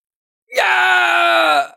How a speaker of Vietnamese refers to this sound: Vương Tử hét thảm, đây là cực hình hắn chưa bao giờ cảm nhận qua.